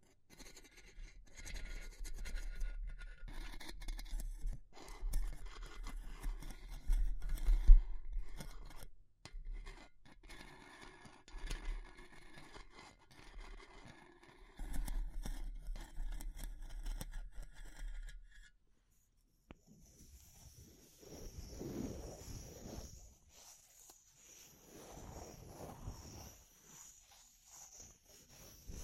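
Wood, bamboo and straw handled in a string of dry scratching, rubbing and scraping sounds, fast and uneven, with sharp clicks and a louder snap near seven seconds. A low rumble runs under the first eighteen seconds; after a pause the sounds turn softer, with slower brushing swells.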